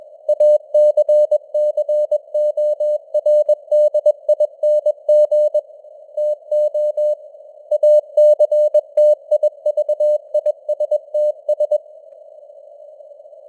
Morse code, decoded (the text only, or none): ACCORDING TO ACTIVISTS